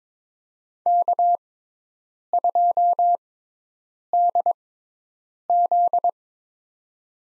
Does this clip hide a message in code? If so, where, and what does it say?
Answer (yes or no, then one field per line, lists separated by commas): yes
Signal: Morse code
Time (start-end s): 0.9-6.1 s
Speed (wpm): 22 wpm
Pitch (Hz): 700 Hz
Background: none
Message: K2DZ